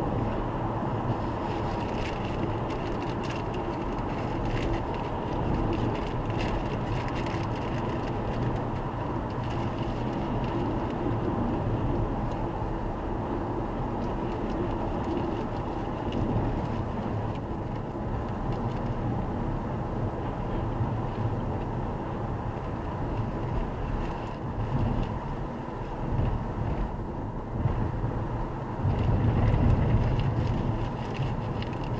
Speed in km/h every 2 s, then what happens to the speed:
101, 101, 100, 101, 99, 95, 93, 88, 86, 84, 82, 81, 79, 77, 76, 76.
0-6 steady at about 101. 6-17 slows to 84. 17-32 steady at about 79.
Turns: none.